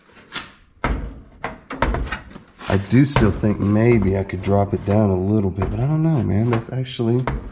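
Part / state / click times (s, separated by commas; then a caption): car door latch engaging the body striker / not seated / none. Someone talks while handling the adjusted rear door of a restored 1959 Dodge Coronet, its latch meant to catch the body striker in two clicks. A few short, sharp knocks sound early in the clip, between about 0.9 and 2.1 seconds, then the talking continues. Nothing has seated or clicked home yet.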